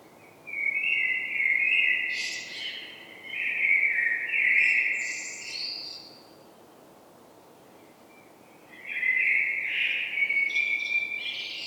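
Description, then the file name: Common blackbird with rich, fluty warbled phrases and scratchy high notes woven in; another phrase follows after a quiet gap. "Turdus merula"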